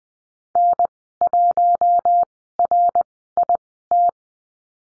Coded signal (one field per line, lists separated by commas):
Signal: Morse code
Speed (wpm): 20 wpm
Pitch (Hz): 700 Hz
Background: none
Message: N1RIT